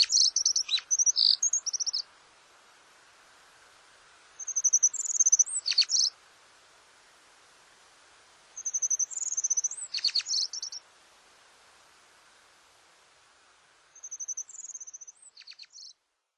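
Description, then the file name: Japanese accentor singing high, thin twittering bursts of trills and jingling notes, four phrases of about two seconds each, separated by pauses of a few seconds. Norikura, 28 May 2010. "kayakuguri 100528 norikura hotta"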